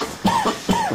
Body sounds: coughing mixed with background sound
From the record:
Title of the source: Spring Allergy Coughing

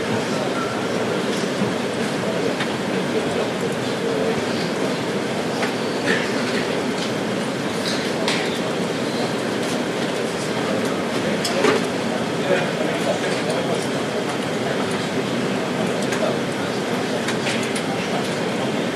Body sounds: background sound without coughing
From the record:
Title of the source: Office Sounds Ambience - Background Noise for Study and Work

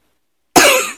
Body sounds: coughing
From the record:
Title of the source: 64 coughing, allergies, singing lungs

